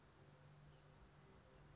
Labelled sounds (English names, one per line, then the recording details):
Grasshopper Sparrow
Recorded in Sonoma County, California